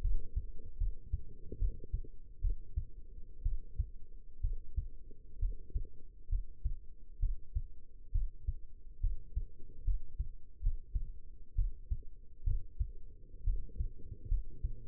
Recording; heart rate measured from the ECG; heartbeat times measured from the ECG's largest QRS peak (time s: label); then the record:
heart sounds by stethoscope; 67 bpm
0.01 s: heartbeat
0.78 s: heartbeat
1.59 s: heartbeat
2.41 s: heartbeat
3.43 s: heartbeat
4.41 s: heartbeat
5.39 s: heartbeat
6.29 s: heartbeat
7.20 s: heartbeat
8.12 s: heartbeat
9.01 s: heartbeat
9.84 s: heartbeat
10.61 s: heartbeat
11.55 s: heartbeat
12.44 s: heartbeat
13.44 s: heartbeat
14.28 s: heartbeat
From the record:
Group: healthy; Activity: cold pressor test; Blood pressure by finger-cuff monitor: 136/80 mmHg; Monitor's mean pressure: 100 mmHg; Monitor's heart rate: 67 bpm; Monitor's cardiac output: 6.1 L/min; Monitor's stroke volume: 89 mL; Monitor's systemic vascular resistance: 1190 dyn s/cm5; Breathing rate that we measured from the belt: 14 breaths a minute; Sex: female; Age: 22 years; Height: 171 cm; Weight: 65.6 kg